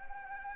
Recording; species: mosquito wingbeat signal from an infrared sensor; Anopheles arabiensis